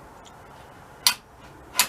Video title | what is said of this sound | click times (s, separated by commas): evolution saw | by pushing it like that. You hear it click | 1.1 s